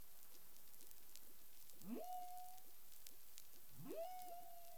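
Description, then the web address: Humpback whale calls: two rising upsweeps, each gliding up then holding a level tone, about two seconds apart, over steady underwater hiss and crackle. Recorded 13 February 2021 at 10:29:28 UTC, from the CARIMAM data collection. "CARIMAM clean data humpback whale 20210213 102928 UTC"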